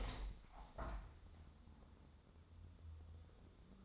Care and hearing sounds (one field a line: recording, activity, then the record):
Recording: daily activity, microphone in the room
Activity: open window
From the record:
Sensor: 3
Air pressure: 1006.5 hPa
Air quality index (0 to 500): 209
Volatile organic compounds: 19 ppm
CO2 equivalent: 2668 ppm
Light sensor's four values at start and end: 10/24/10/10 and 11/25/10/10